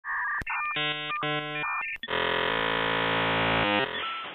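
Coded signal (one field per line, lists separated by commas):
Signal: dial-up modem handshake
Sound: quick modem tones and chirpy warbles, then loud harsh hiss ending in beeps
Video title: Dial up sound Short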